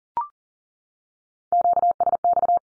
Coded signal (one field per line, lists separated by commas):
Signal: Morse code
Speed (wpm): 40 wpm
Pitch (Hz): 700 Hz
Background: none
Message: QSX